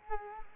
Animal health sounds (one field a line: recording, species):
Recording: mosquito wingbeat signal from an infrared sensor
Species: Culex quinquefasciatus